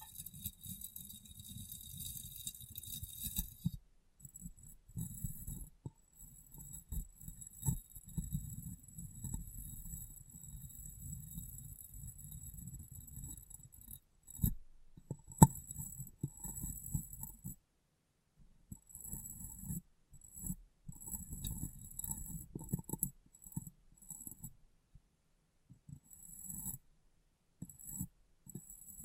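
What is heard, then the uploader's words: Glass brain tapping and cleaning: soft, muffled low rubbing and thumping comes in bursts, with a crisp high hiss riding over it at times. Gaps of silence break the sound near 4, 14, 18 and 26 seconds, and a single sharper tap lands around 15 seconds. ASMR Glass Brain Tapping & Cleaning (No Talking).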